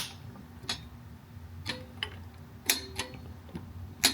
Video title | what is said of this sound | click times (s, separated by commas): DIY Oil Change - Porsche 992 | Go till it clicks. | 4.1 s